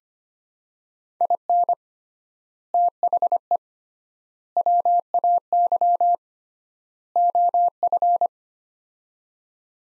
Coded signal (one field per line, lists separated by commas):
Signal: Morse code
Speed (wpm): 25 wpm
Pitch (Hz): 700 Hz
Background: none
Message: IN THE WAY OF